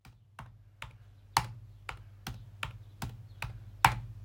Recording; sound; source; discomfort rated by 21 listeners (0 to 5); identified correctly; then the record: sound for misophonia research; typing; not oral or nasal; mean 1.07, standard deviation 1.11; in 38 of 42 trials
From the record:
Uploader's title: TYPING TINY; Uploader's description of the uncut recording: Slow typing on a MacBook Pro, clear and simple.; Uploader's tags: keyboard, computer, typing, laptop